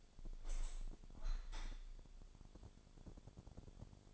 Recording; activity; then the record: daily activity, microphone in the room; open window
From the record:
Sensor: 5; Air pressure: 1000.5 hPa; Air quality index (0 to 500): 150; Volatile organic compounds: 2 ppm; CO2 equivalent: 1155 ppm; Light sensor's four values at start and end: 40/95/39/43 and 40/95/39/43